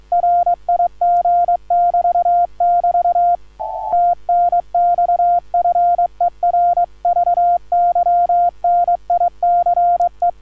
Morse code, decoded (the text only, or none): RIG <BT> <BT> TNX FER VY NICE